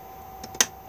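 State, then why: Seated. The drain valve button at the bottom of the water heater in a 2021 Benimar Tessoro T487 motorhome is pushed in to close the valve. A faint tick at 0.4 s comes before one sharp, loud click at 0.6 s, over a steady low hum. The button clicks in and seats.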